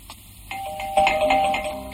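An apartment doorbell rings with a bright electronic two-tone chime, the second note entering about halfway and both ringing on steadily over a low background hum.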